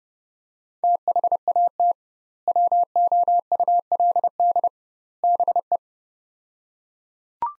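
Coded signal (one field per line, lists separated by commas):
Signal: Morse code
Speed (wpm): 32 wpm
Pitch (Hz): 700 Hz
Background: none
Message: THAT WOULD BE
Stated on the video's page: Morse practice of three-word sets at 30 wpm with 2x word spacing, a Farnsworth-like approach for words.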